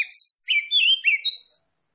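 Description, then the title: Oriental magpie-robin song, a rapid string of clear whistled and slurred notes jumping between high and middle pitches, lasting about one and a half seconds. Singing in full, energetic form (gacor); Tretes type. "Kacer Tretes Gacor"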